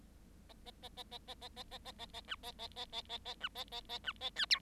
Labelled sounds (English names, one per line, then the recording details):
Bengalese Finch song
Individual Bird7